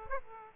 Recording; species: mosquito wingbeat signal from an infrared sensor; Aedes aegypti